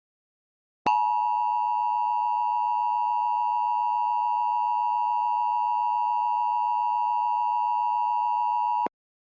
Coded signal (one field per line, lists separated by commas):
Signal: Emergency Alert System (SAME) tones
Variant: 853 and 960 Hz attention tone